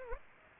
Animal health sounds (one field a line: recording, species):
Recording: mosquito wingbeat signal from an infrared sensor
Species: Aedes aegypti